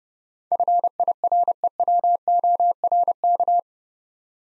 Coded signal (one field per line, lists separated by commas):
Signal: Morse code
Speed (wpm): 28 wpm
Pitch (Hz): 700 Hz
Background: none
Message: FIREWORK